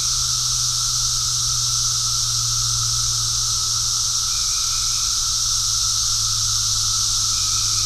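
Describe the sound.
Cicada: continuous high buzzing of cicadas, smooth and even, over a steady low hum, with faint short notes in the second half.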